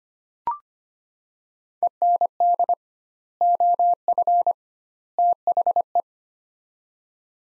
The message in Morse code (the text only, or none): END OF THE